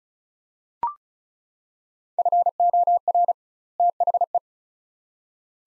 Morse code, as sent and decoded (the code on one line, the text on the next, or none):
..-. --- .-. / - .... .
FOR THE